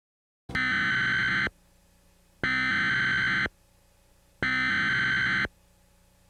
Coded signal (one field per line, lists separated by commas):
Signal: Emergency Alert System (SAME) tones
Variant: header bursts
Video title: JTK Rampage (EAS Scenario)